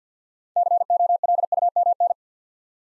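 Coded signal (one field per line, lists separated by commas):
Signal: Morse code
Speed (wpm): 54 wpm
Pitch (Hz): 700 Hz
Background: none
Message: COLUMN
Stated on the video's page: Six-letter words in Morse at 50wpm for head-copy practice; first three letters spoken, word sent, spoken, then sent again.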